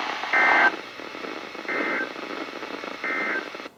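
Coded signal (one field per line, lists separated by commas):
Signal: Emergency Alert System (SAME) tones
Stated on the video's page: Alerts from Kentucky, Virginia and West Virginia weather radio transmitters on 162.425–162.550 MHz, received on many weather radios.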